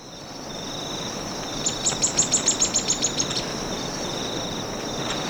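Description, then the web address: Streaked xenops giving a rapid run of about ten high, thin, slightly sliding notes against a continuous insect drone. Ecuador. "Birds of Ecuador 2. Streaked Xenops"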